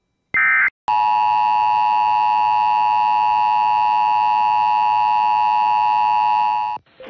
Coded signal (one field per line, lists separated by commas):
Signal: Emergency Alert System (SAME) tones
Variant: 853 and 960 Hz attention tone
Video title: MORE ALERTS EAS Alerts From 4/9/21 (EAS #458-464)